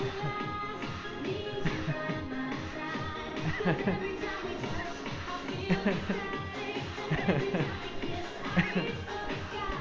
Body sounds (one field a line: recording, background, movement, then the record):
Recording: laughter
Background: music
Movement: sitting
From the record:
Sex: male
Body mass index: 20.5 kg/m2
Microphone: on the chest, facing outward